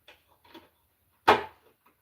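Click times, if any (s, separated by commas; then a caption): 1.3 s. A part of a small camera is pressed by hand into its mount or housing. A few faint taps and rustles come first, then a single sharp, loud click at 1.3 s. The part clicks into place and is seated.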